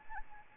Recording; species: mosquito wingbeat signal from an infrared sensor; Anopheles arabiensis